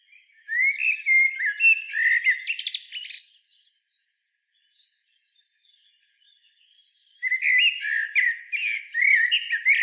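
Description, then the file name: Eurasian blackbird song: a mellow warbled phrase with high twittery ending, a long quiet pause with faint soft notes, then another loud fluty phrase. "Turdus merula"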